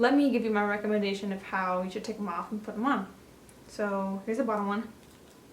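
Someone talks while handling the bottom clear plastic dental aligner tray, about to press it onto her lower teeth. Only speech is heard, and nothing has seated or clicked yet.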